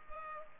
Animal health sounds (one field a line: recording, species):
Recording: mosquito wingbeat signal from an infrared sensor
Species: Culex pipiens